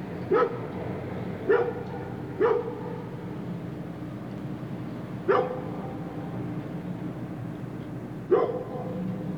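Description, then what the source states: Dog barking, five separate short barks at irregular intervals over a steady low rumble of background noise. Large dog barking in the distance.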